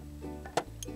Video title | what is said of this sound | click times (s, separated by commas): Changing Spark Plugs in a 2014 Hyundai i10. 1100 CC | snaps into place. There we are. | 0.6 s